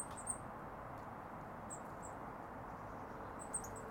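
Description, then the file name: Eurasian blue tit giving short bursts of thin, high call notes at the start, middle and end over a steady low background hiss. "Cyanistes caeruleus"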